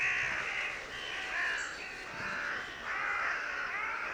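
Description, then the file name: Carrion crow giving drawn-out, hoarse caws, three or four long grating calls with steady background noise. "Corvus corone"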